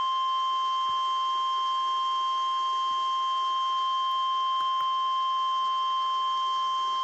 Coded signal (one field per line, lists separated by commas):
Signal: Emergency Alert System (SAME) tones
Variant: 1050 Hz attention tone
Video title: TORNADO EMERGENCY in Holly Springs, Mississippi - 12/23/2015 - NOAA Weather Radio